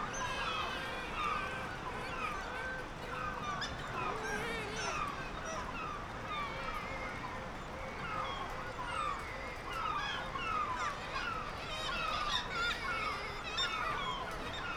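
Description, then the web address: Black-legged kittiwake calls, an overlapping chorus of nasal, wavering cries from many birds. "Black legged kittiwake. دانلود-صدای-پرنده-کاکایی-پاسیاه"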